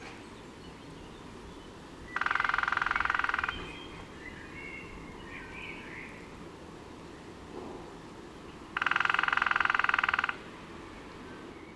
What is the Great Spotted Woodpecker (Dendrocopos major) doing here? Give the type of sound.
drumming